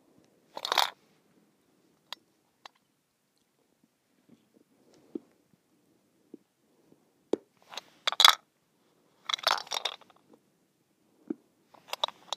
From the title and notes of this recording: ASMR: Mint Shaker.